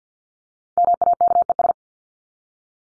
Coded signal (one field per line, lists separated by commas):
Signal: Morse code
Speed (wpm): 48 wpm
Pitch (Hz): 700 Hz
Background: none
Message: MAKES